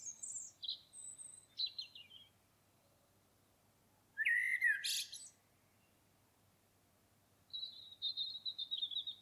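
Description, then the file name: Common blackbird: thin, high squeaky notes with one short, loud warbled burst in the middle, then a high rapid twitter near the end. "Turdus merula"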